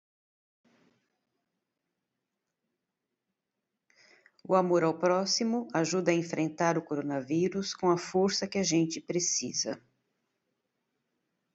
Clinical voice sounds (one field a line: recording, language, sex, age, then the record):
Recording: spoken sentence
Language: Brazilian Portuguese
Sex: female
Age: 50 to 59 years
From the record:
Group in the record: control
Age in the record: 59 years